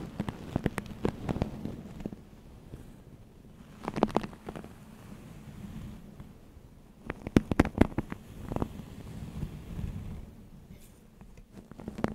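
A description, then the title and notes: Hair play with crisp, crackling rustles that come in bursts, clustered near the start, around four seconds, and again between seven and nine seconds, with lighter touches after. A steady low hum runs underneath throughout. ASMR Hair Play for Sleep No Talking.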